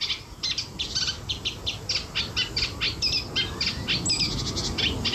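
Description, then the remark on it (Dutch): A Eurasian reed warbler sings a busy, chattering stream of repeated scratchy, high-pitched notes with a steady jerky rhythm, heard over a continuous low rumble with no talking. Recorded in Lent near Nijmegen, Netherlands. “Neem nou deze bijdrage van de kleine karekiet.”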